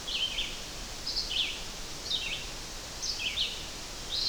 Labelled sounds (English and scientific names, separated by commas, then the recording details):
Red-eyed Vireo (Vireo olivaceus) song
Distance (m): 20 m
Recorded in boreal forest in Alberta, Canada, on 12 June 2016 at 05:50
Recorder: SongMeter 3, array SBT-3-18
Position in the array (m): 233 m, 101 m